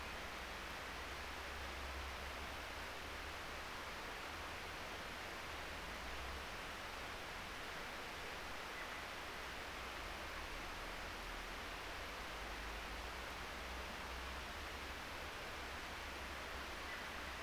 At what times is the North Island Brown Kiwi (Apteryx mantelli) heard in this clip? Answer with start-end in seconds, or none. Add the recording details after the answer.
none. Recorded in New Zealand on 3 December 2013. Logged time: 04:27. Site DF60